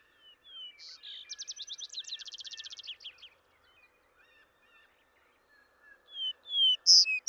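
Vesper sparrow singing: a couple of opening notes lead into a rapid descending trill, then a pause before loud high whistled notes begin another phrase.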